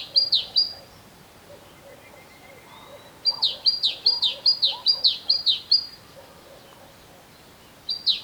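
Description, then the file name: Great tit song: repeated see-sawing two-note phrases, a short run, a long run of several, then another starting; quiet chattering below. "Parus major"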